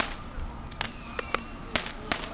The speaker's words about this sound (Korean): 지금 저 폭죽 터지는 소리 때문에 피크가 팍팍 떠.